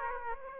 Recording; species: mosquito wingbeat signal from an infrared sensor; Aedes aegypti